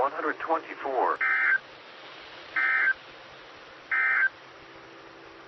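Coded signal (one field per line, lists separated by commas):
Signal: Emergency Alert System (SAME) tones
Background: speech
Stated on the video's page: Morse ident on SKYWARN repeater system, 147.1200 and 146.8050 MHz.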